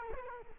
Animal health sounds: mosquito wingbeat signal from an infrared sensor; Culex quinquefasciatus

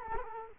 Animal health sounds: mosquito wingbeat signal from an infrared sensor; Culex quinquefasciatus

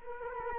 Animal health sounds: mosquito wingbeat signal from an infrared sensor; Culex quinquefasciatus

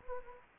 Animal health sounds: mosquito wingbeat signal from an infrared sensor; Anopheles gambiae

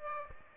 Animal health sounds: mosquito wingbeat signal from an infrared sensor; Aedes aegypti

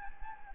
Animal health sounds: mosquito wingbeat signal from an infrared sensor; Anopheles gambiae

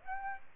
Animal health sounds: mosquito wingbeat signal from an infrared sensor; Aedes aegypti

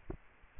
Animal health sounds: mosquito wingbeat signal from an infrared sensor; Aedes aegypti

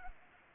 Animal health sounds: mosquito wingbeat signal from an infrared sensor; Anopheles arabiensis

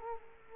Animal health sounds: mosquito wingbeat signal from an infrared sensor; Culex quinquefasciatus

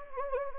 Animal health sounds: mosquito wingbeat signal from an infrared sensor; Anopheles gambiae

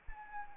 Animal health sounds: mosquito wingbeat signal from an infrared sensor; Anopheles arabiensis

